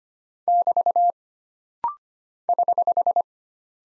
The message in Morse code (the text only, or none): <BT> <HH>